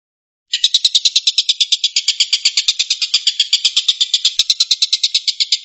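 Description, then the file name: Stork-billed kingfisher calling in a fast, grating burst of evenly spaced harsh notes that starts suddenly and runs on steadily for five seconds. Tengkek buto giving the "tembakan" or shooting call. "suara tembakan tengkek buto"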